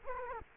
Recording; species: mosquito wingbeat signal from an infrared sensor; Culex quinquefasciatus